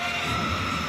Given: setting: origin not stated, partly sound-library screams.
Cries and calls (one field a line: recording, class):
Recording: one-second piece from a danger detection set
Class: woman in danger